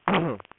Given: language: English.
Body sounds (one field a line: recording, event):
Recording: throat vibration sensor signal played as sound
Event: throat clearing